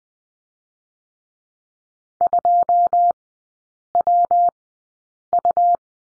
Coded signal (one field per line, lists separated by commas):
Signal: Morse code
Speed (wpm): 20 wpm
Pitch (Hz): 700 Hz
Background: none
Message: 2WU